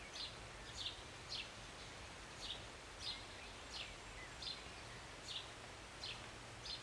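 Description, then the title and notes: Bird chirping: short, bright chirps repeated over soft rain noise. Birds singing and chirping from a city balcony on a Sunday morning during a short rain. "Rainy Morning with Birds Chirping. Was sitting on my balcony on a Sunday morning, enjoying a cup of tea and the birds. Enjoy the short rain in the morning with birds singing and chirping beautifully. And an occasional plane. Believe it or not, this was recorded in the city"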